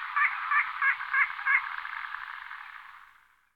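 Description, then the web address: Little crake: a short run of five evenly spaced notes, about three per second, then a fading tail. "All the bird songs of Britain and Europe - Jean-Claude Roche. Porzana parva"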